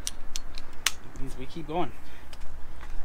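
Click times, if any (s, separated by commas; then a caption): 0.9 s. A torque wrench is checked again on a Mustang tie rod fastener already torqued to 100 ft-lb, and it gives a sharp click at 0.9 s, showing the fastener is at spec. A few lighter metallic ticks come just before the click, and someone talks briefly afterward.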